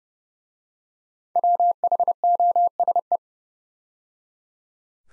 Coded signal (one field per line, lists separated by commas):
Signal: Morse code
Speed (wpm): 30 wpm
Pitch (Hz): 700 Hz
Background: none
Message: WHOSE